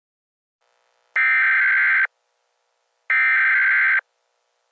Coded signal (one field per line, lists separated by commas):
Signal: Emergency Alert System (SAME) tones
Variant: header bursts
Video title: EAS SCENARIO: Cujo 6/13/2025. **HAS VALID TONES**